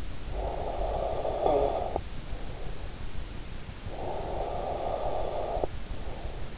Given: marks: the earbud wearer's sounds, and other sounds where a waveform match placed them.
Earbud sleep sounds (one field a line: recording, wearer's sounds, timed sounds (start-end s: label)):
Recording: sounds in sleep by an in-ear microphone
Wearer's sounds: snoring breath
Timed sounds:
0.22-2.99 s: snoring breath
3.67-6.58 s: snoring breath